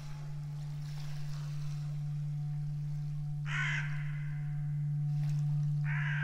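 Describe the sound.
Bird giving harsh, raspy calls, one near midway, a faint one, then another at the end, over a constant low hum.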